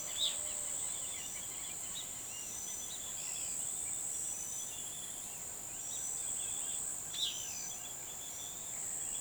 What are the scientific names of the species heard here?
Vanellus chilensis, Volatinia jacarina, Pitangus sulphuratus, Atalotriccus pilaris